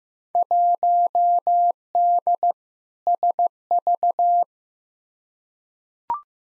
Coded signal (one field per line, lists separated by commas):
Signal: Morse code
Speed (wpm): 15 wpm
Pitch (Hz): 700 Hz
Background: none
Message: 1D SV